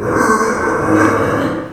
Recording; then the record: squeal of a Yucatan mini pig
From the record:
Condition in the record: after surgery on the right vocal fold (resection and tissue-engineered implant); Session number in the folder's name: 1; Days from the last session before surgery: 13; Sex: female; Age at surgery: 19 weeks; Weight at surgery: 25 kg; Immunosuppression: prednisolone